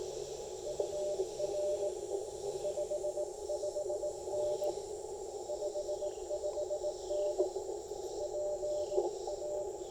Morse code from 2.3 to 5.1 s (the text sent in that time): 55N